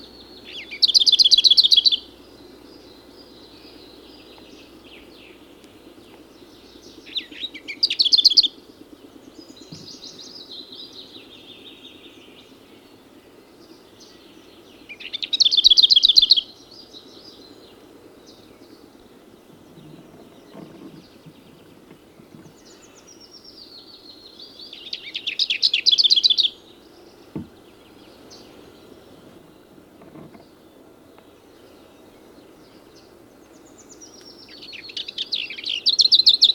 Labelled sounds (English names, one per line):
Lesser Whitethroat song